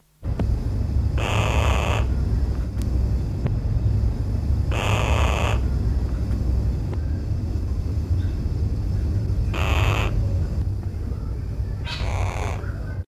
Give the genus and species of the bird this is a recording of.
Picathartes oreas